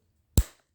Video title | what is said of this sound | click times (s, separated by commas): How to repair jammed or broken Kohler pop up sink drain | like that. Hear the click. | 0.4 s